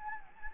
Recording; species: mosquito wingbeat signal from an infrared sensor; Anopheles gambiae